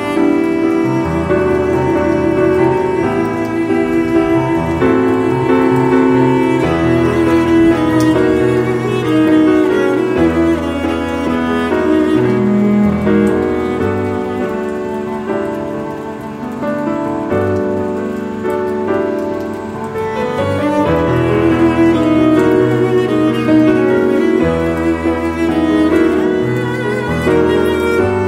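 Piano music plays with a steady bed of rain beneath it. Sustained chords and low bass notes move slowly, with a brief softer stretch around sixteen seconds before the fuller playing returns. The rain stays faint and constant throughout.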